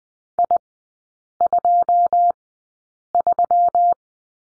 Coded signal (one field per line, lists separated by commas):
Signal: Morse code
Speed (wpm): 20 wpm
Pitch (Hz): 700 Hz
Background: none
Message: I23